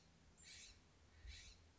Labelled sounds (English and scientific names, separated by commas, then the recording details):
California Scrub-Jay (Aphelocoma californica)
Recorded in Sonoma County, California